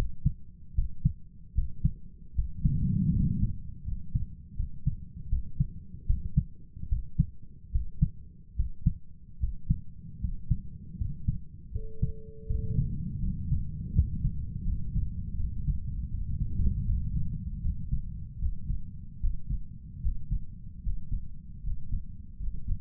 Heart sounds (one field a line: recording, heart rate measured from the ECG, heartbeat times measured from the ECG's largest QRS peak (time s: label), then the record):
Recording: heart sounds by stethoscope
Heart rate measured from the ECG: 78 bpm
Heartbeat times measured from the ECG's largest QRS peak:
0.74 s: heartbeat
1.53 s: heartbeat
2.34 s: heartbeat
3.12 s: heartbeat
3.84 s: heartbeat
4.55 s: heartbeat
5.28 s: heartbeat
6.05 s: heartbeat
6.88 s: heartbeat
7.70 s: heartbeat
8.55 s: heartbeat
9.39 s: heartbeat
10.19 s: heartbeat
10.96 s: heartbeat
11.71 s: heartbeat
12.46 s: heartbeat
13.19 s: heartbeat
13.92 s: heartbeat
14.63 s: heartbeat
15.35 s: heartbeat
16.08 s: heartbeat
16.84 s: heartbeat
17.60 s: heartbeat
18.38 s: heartbeat
19.19 s: heartbeat
20.00 s: heartbeat
20.82 s: heartbeat
21.62 s: heartbeat
22.38 s: heartbeat
From the record:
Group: healthy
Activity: rest 0-14 s, breath hold 14-23 s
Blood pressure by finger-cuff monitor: 93/66 mmHg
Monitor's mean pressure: 72 mmHg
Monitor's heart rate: 78 bpm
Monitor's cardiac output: 6.6 L/min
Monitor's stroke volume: 84 mL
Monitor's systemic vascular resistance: 770 dyn s/cm5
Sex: male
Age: 23 years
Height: 178 cm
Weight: 96.6 kg